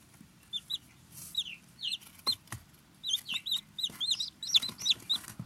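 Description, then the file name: Small birds giving high, quick chirps and slurred notes, sparse at first and then denser in overlapping clusters toward the end, over a soft low background. "Little Birds"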